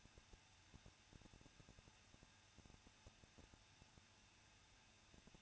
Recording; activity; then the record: daily activity, microphone in the room; no activity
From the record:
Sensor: 2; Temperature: 21.0 degrees Celsius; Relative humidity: 37.5%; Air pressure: 1006.2 hPa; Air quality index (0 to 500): 224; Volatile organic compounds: 25 ppm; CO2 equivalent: 2846 ppm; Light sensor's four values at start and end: 2/3/2/2 and 2/3/2/2